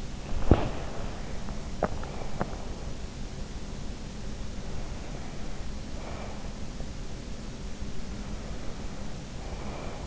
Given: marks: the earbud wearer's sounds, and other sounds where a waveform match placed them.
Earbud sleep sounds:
sounds in sleep by an in-ear microphone; body movement, breath
0.35-1.48 s: body movement
1.81-2.52 s: breath
4.52-6.54 s: breath
8.31-10.07 s: breath

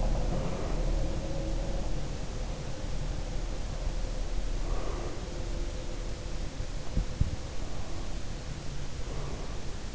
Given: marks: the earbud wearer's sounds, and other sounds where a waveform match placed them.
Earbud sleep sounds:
sounds in sleep by an in-ear microphone; breath, snoring breath
0.00-2.46 s: breath
3.97-5.89 s: breath
7.72-9.87 s: snoring breath

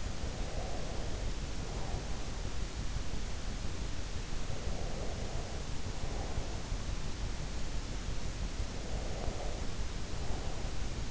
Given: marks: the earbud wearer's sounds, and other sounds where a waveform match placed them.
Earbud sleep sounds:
sounds in sleep by an in-ear microphone; breath
0.00-2.64 s: breath
4.19-7.23 s: breath
8.65-11.11 s: breath

